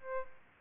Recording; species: mosquito wingbeat signal from an infrared sensor; Aedes albopictus